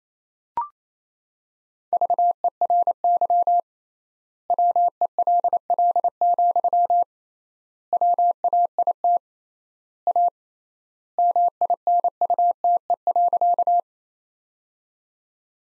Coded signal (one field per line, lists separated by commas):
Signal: Morse code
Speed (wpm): 28 wpm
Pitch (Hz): 700 Hz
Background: none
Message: VERY WELL, WAIT A MINUTE.